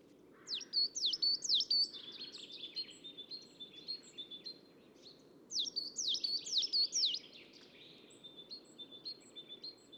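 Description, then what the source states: Coal tit song: bright, high two-note phrases repeated rapidly in bursts of about a second and a half, with softer twittering from other birds in the pauses. Recorded at Assistens.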